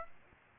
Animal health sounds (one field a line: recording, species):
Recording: mosquito wingbeat signal from an infrared sensor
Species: Aedes aegypti